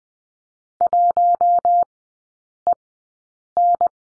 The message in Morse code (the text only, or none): 1EN